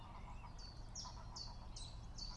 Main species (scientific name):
Phylloscopus collybita